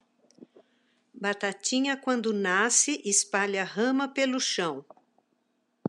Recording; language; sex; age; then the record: short text; Brazilian Portuguese; female; 60 to 69 years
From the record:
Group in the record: control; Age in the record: 67 years